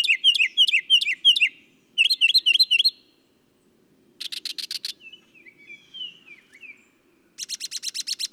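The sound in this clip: Northern mockingbird song mixing repeated sweeping chirps, a quick rattling series, soft slurred whistles and another fast rattle, each phrase type repeated several times.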